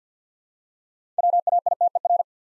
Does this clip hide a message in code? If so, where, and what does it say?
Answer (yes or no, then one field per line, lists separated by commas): yes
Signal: Morse code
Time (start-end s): 1.2-2.2 s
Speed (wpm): 48 wpm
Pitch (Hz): 700 Hz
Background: none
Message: WAITER